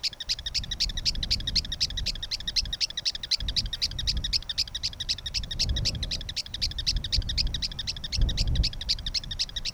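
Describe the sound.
Campo Miner calling in a long rapid run of high clipped notes, about four per second, continuing without pause over a low rumbling background.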